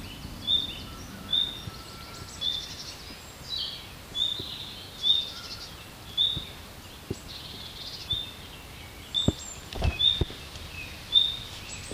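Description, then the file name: Common nightingale uttering a steady series of short high whistles about once a second, with occasional clicks and taps in the background. "Luscinia megarhynchos"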